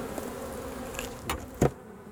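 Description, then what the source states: Honey bees humming steadily at a hive, broken by a few sharp clicks and a knock as it is handled. Bees at a hive being opened by a beekeeper, recorded August–September 2009 in a report on bee losses blamed on pesticides.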